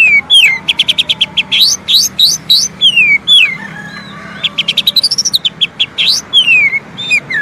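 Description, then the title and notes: Oriental magpie-robin song: loud, rapid whistled notes, sweeping down-slurs and sharp chips in quick bursts, with short pauses between phrases. Long-duration fill-in (isian) song material for training kacer to sing actively (gacor) day and night. "Kacer Jadi Gacor Siang Malam. Isian Kacer Durasi Panjang"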